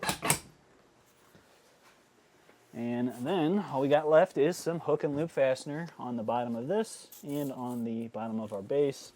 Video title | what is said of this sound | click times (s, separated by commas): etrailer - Thomas Payne Heritage Three-Seat Reclining RV Couch Set Up - 2017 Jayco Eagle Fifth Wheel | And then you want to make sure that you're going down nice and evenly to have these click into place. | 0.0 s, 0.3 s